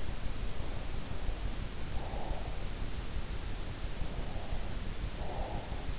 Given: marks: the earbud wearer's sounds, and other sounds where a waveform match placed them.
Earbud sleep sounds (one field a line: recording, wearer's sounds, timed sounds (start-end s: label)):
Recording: sounds in sleep by an in-ear microphone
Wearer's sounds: breath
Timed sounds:
0.38-2.76 s: breath
3.95-5.97 s: breath